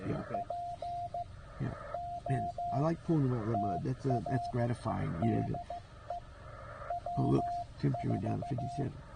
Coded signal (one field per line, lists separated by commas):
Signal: Morse code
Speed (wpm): 14 wpm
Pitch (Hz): 700 Hz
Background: speech, radio noise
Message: POTA DE W4